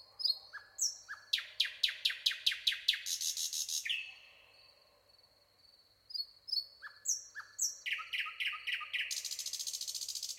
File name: Luscinia megarhynchos